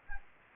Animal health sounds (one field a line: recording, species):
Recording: mosquito wingbeat signal from an infrared sensor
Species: Anopheles gambiae